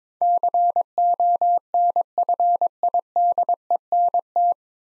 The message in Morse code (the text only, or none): CONFIDENT